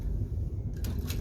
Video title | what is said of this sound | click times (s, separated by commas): Xerox Quick Use Guide - Versalink | slide it in until it clicks it will push itself back once it's once it's through | 0.9 s